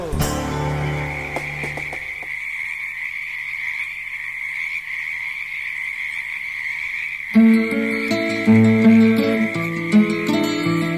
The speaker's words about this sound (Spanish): Tardecita de grillos cantores y ranas entre las charcas.